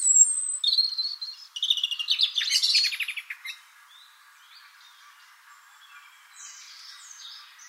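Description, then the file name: European robin song: a loud, varied phrase of high whistles and a fast trill, followed by several seconds of faint, scattered high notes. "Erithacus rubecula"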